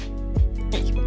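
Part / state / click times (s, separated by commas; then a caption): plastic model kit part into mating model kit part / not seated / none. Two plastic model-kit parts from a Gundam Seed GAT-X303 body, one going on top of the other, are pressed together over steady background music. A brief low thump is heard around 0.4 s, but nothing has snapped or clicked, and the parts fail to seat.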